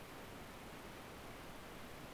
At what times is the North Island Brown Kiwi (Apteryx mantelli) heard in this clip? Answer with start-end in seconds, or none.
none